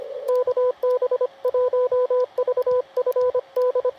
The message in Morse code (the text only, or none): KB1VFD